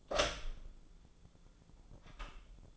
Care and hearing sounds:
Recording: daily activity, microphone in the room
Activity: open door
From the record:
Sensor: 5

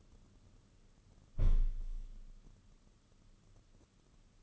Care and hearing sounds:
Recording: daily activity, microphone in the room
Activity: close window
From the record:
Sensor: 4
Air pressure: 995.2 hPa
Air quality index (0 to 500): 192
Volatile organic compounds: 124 ppm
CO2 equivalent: 3895 ppm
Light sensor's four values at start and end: 5/10/4/4 and 4/10/3/4

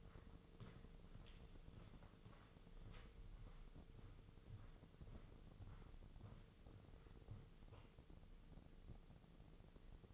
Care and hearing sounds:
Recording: daily activity, microphone in the room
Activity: walk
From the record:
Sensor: 4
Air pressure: 996.7 hPa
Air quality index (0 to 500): 245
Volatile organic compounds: 394 ppm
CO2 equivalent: 4662 ppm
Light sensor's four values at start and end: 51/125/52/52 and 49/120/49/49

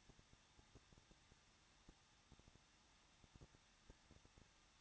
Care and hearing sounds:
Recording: daily activity, microphone in the room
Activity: no activity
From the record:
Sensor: 3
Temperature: 21.2 degrees Celsius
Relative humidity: 36.2%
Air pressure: 1006.4 hPa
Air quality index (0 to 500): 221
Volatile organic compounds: 40 ppm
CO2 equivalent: 3145 ppm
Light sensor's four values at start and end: 2/3/2/2 and 2/3/2/2

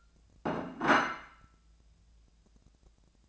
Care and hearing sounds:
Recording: daily activity, microphone in the room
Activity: place plate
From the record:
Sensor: 2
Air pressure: 1000.0 hPa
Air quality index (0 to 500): 131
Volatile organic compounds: 2 ppm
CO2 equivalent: 1115 ppm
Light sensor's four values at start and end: 24/60/26/28 and 24/60/25/28

